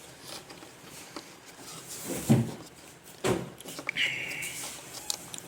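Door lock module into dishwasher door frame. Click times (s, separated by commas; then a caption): 5.1 s. A dishwasher door lock/switch unit (Beko, Dewlence, Arcelik, Defy, Blomberg or Voltas), first released by pressing its clip, is pushed back into its plastic mounting in the dishwasher door frame. Soft handling and scraping noises lead to a sharp click at 5.1 s as the module snaps and seats in place.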